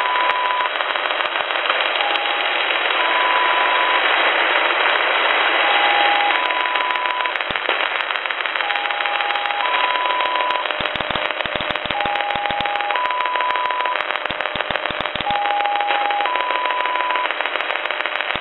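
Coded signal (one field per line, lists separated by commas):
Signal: numbers station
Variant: XPA-like polytone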